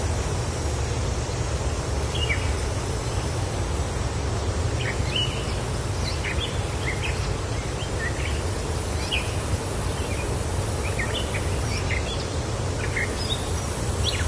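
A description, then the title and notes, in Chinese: A waterfall roars steadily throughout, a dense low rush that never changes in level. Small birds chirp in short bright bursts scattered across the clip, and a high, thin cicada whine rises and falls in long stretches above the water. 瀑布鸟鸣蝉音。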